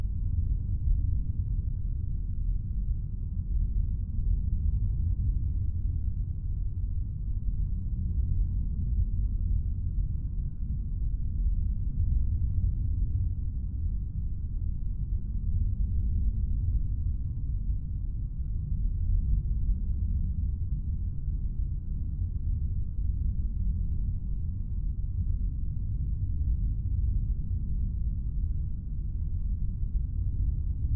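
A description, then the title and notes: A deep planetary rumble that holds steady for the whole half minute, thick and dark, with nearly all of its weight in the lowest register and nothing bright above. The dense, grainy hum churns slightly but never swells, breaks or changes character. Planetary Rumble. The mysterious, low hum that resonates from the core of planets.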